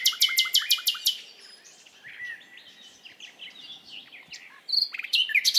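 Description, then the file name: Common nightingale song with a loud fast trill of repeated notes at the start, a stretch of softer varied notes, then another loud burst at the end. "Luscinia megarhynchos"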